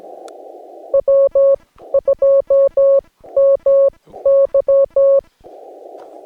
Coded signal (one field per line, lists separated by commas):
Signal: Morse code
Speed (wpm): 16 wpm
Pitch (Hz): 550 Hz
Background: none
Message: W2MY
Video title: Morse Code POTA Activation from Pinnacles National Park